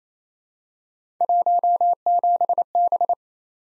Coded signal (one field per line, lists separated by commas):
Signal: Morse code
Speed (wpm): 28 wpm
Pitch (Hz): 700 Hz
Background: none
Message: 17B